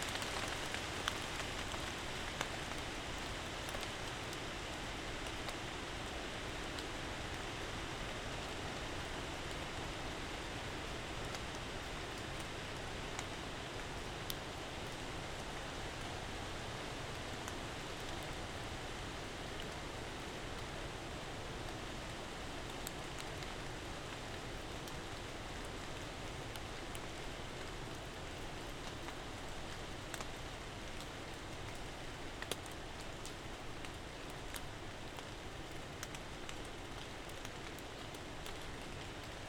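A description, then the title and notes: Steady, dense rain hisses evenly throughout, with scattered brighter drop ticks and a faint low rumble underneath, never easing or building. Sounds of Old Mission Peninsula: Rainy Night in the Woods. We find ourselves out on the Old Mission Peninsula (OMP) in Grand Traverse County, Michigan. I upgraded the wind protection for my microphone and also added in some protection from the rain. Recording Device: Zoom F3 Field Recorder. Microphone(s): Audio Technica BP 4025.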